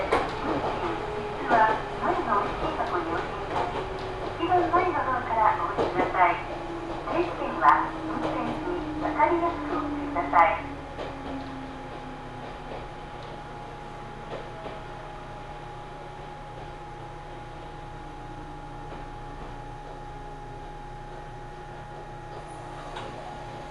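A ride on the Ohmi Railway line toward Kibukawa, with a voice speaking over the train for the first ten seconds while a motor whine slowly falls in pitch. After that the voice stops, leaving a steady, quieter rumble, a constant thin tone and occasional soft clicks.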